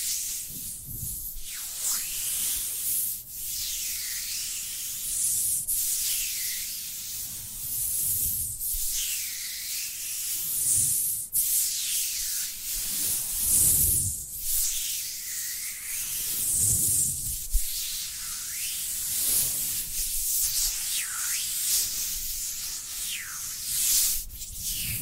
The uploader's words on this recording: Dry Dry Hand Sounds. (No Talking).